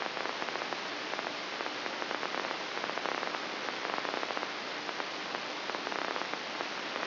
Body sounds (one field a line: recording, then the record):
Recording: brain microelectrode recording played as sound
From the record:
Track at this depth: inside the subthalamic nucleus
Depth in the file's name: 4.663 mm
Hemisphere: left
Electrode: 3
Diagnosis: Parkinson's disease